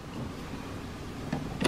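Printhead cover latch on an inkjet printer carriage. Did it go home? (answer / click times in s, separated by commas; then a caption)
no / none. A hand works the printhead cover on the carriage of an HP Smart Tank 7602/790 all-in-one inkjet printer, whose blue plastic latch locks the cover down over the pushed-in printhead. A low handling rumble runs throughout, with a brief sharp knock at 1.3 s and a louder clatter at the very end. Nothing has seated or clicked yet; the blue latch has not snapped locked.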